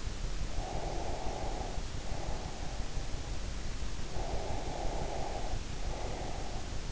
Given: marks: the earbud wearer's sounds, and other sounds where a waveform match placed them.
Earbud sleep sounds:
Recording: sounds in sleep by an in-ear microphone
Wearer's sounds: breath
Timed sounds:
0.54-2.94 s: breath
4.04-6.72 s: breath

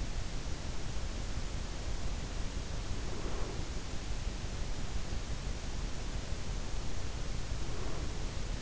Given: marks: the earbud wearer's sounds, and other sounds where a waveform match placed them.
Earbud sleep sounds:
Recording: sounds in sleep by an in-ear microphone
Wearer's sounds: breath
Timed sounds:
2.53-3.78 s: breath
7.21-8.61 s: breath

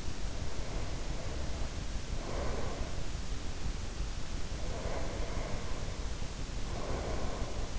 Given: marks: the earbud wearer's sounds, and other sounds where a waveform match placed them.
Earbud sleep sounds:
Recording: sounds in sleep by an in-ear microphone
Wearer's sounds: breath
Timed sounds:
0.09-3.05 s: breath
4.38-7.79 s: breath

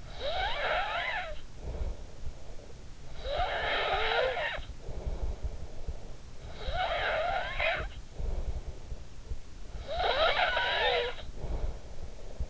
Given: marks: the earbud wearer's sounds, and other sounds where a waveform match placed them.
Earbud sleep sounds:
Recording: sounds in sleep by an in-ear microphone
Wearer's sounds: snoring breath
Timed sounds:
0.00-2.53 s: snoring breath
2.73-5.99 s: snoring breath
6.11-9.19 s: snoring breath
9.59-12.50 s: snoring breath

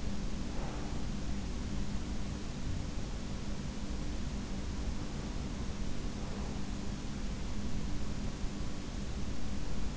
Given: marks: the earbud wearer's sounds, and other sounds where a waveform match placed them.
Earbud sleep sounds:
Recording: sounds in sleep by an in-ear microphone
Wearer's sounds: breath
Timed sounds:
0.00-1.48 s: breath

